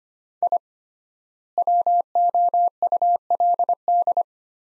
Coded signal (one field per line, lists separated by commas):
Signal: Morse code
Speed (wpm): 25 wpm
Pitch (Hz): 700 Hz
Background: none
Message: I WOULD